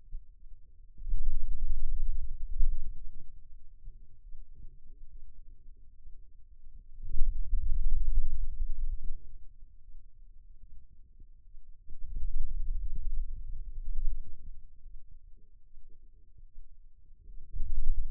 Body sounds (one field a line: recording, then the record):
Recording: forearm muscle sounds (acoustic myography)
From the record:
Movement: pen grasping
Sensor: system 2, bracelet of six BSWA MPA416 microphones around the upper forearm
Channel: 1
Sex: male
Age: 22 years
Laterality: right